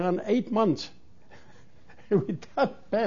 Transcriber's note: he laughs